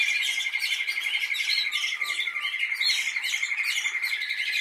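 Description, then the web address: Canary singing an unbroken fast rolling trill, with scattered higher chirps and a brief lower whistled slur partway through. "Canari Seda Canari"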